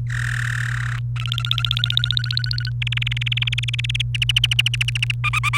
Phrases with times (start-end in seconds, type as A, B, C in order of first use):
0.10-0.99 A, 1.16-2.70 B, 2.82-4.02 C, 4.14-5.11 D, 5.24-5.49 E, 5.53-5.58 F